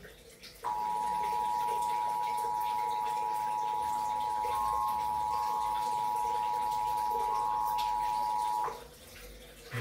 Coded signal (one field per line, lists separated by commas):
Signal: Emergency Alert System (SAME) tones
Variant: 853 and 960 Hz attention tone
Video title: Great Shakeout Drill 2022, EAS Alerts From 10/19/2022 and 10/20/2022 (EAS #1421 - 1429)